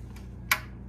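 A plastic oil drain plug is pushed and turned back into the oil pan of a 2017 Ford F-150 truck after the oil has drained. A faint tick at 0.2 s is followed by a sharp, bright click at 0.5 s over a steady low hum. The click means the plug is seated back in the pan.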